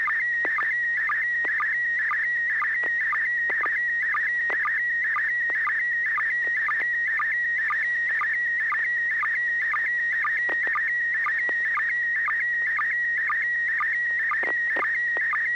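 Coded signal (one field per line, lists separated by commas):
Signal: SSTV (slow-scan television)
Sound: continuous warbling whistle near 2 kHz with quick regular chirps dropping lower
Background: low hum, radio hiss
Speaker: The picture came through very well. Hardly any of those little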